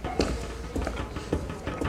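Four soft, steady footsteps about half a second apart, each a dull muffled thud over a low background hum, with no voices, as a woman walks away from an office door.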